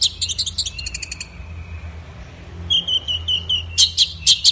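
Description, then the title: Orange-headed thrush song: quick rattling series of high notes, a pause, then repeated whistled phrases and sharp chirps above a low background hum. Bird in full song (gacor); recording used for training songbirds. "Anis Merah Gacor Teler"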